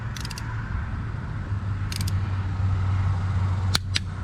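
A click torque wrench tightens the second cylinder head bolt on a Corvette Tuned Port Injection engine, with short ratcheting bursts near 0.2–0.4 s and 2.0 s over a steady low hum. Two sharp clicks at 3.8 s and 4.0 s show the wrench has reached its 50 lb setting, and the second bolt is confirmed done.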